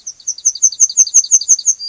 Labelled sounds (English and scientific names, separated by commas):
Yellowhammer (Emberiza citrinella) song